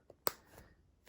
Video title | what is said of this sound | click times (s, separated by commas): Satchel Bag - Steamer Trunk ITH bag from STFA | you heard it snap into place | 0.3 s